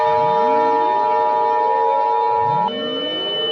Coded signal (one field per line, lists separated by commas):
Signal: Emergency Alert System (SAME) tones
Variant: 853 and 960 Hz attention tone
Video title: EAS Scenario 7: Skibidi Toilet